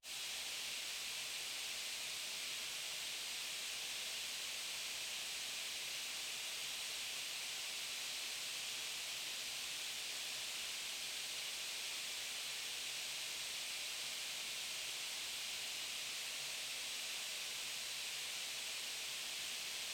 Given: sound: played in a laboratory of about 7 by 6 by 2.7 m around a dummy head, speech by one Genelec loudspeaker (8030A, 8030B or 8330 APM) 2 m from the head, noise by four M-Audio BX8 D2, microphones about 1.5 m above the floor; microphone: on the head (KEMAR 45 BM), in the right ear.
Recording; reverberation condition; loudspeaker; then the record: white noise; high; four, about 170 cm from the corners of the room and facing them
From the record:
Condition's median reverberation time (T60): about 1300 ms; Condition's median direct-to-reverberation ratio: about -4.0 dB